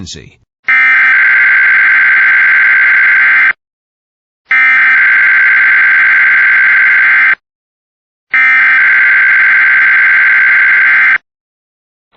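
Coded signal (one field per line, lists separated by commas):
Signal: Emergency Alert System (SAME) tones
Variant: header bursts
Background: speech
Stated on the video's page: Real required weekly EAS tests.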